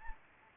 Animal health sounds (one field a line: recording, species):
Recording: mosquito wingbeat signal from an infrared sensor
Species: Anopheles gambiae